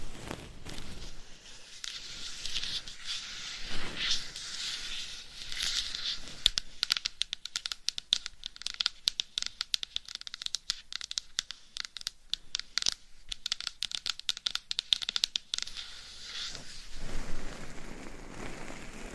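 Scratching and tapping, with a steady bright scratchy rustle through most of the clip. From about 6 to 16 seconds, dense quick sharp taps and clicks crowd in at an irregular, rapid pace. Near the end it thins back to softer rubbing.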